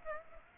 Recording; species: mosquito wingbeat signal from an infrared sensor; Aedes aegypti